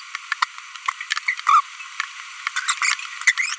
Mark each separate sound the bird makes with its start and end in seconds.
1.28-1.34, 1.47-1.60, 2.68-2.73, 2.82-2.94, 3.27-3.32, 3.38-3.54